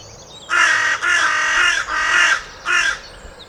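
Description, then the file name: Carrion crow giving four harsh, rasping caws, the first three long and close together, the last shorter after a brief pause. "Corvus corone"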